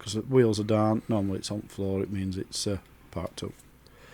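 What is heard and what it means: A small plastic part, likely landing gear, is being handled on a 1/72 scale plastic MiG-21PFM model aircraft while someone talks. Only faint ticks sound near the end, and nothing has seated or clicked into place yet.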